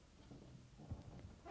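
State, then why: Not seated. A plastic ballot box lid is held above the plastic box and lined up so its paper slot is on the same side as the number, before its fold is clicked into the centre grooves. Only quiet, low handling rustles and soft bumps are heard, with a small knock near 0.9 s and a fuller rustle at about 1.5 s. The lid has not clicked into place yet.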